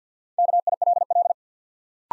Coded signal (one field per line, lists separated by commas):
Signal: Morse code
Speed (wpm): 48 wpm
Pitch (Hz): 700 Hz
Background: none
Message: KILL